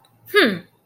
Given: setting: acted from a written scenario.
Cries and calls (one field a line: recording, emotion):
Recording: vocal sound without words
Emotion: pride